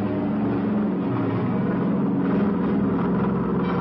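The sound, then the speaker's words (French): Engines of a B-29 Superfortress bomber roar steadily as it takes off from the Kwajalein airfield carrying an atomic bomb for the 1 July 1946 Bikini nuclear test, a loud, dense, continuous drone with a deep throbbing hum and a gritty rumble, no voices over it. “De l'aérodrome de Kwajalein va s'envoler dans quelques instants à bord de la super forteresse Dave's Dream, la quatrième bombe atomique.”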